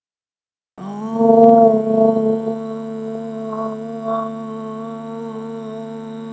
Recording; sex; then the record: sustained vowel /o/; female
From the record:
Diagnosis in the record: healthy control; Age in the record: 62 years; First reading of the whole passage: 101 s, 4.7 characters per second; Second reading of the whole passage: 77 s, 5.9 characters per second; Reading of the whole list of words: 66 s, 3.9 characters per second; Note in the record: marked for poor recording quality or reading difficulty